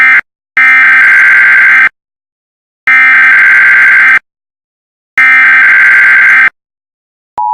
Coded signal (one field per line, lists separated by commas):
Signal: Emergency Alert System (SAME) tones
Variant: header bursts